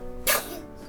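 A single sharp, hissy burst about a sixth of a second long, then a brief fading tail. It is one sneeze, heard over a quiet, faintly humming room.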